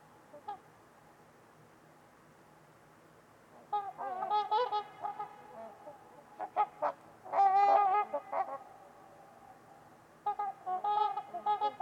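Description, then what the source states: Trumpeter swan honking calls: bursts of nasal trumpeting, loudest in the middle, separated by quiet stretches with low background hiss. Trumpeter swans at Winters Lake on a winter evening, in a deep, quiet valley.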